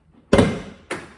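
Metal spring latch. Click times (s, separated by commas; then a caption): 0.3 s, 0.9 s. After the hood of a Mercedes S550 W221 has been closed, the release is pulled again and the release cable frees the metal hood latches. Two sharp clicks are heard, a louder, longer one at 0.3 s and a short one at 0.9 s. Both latches click open and the hood is released.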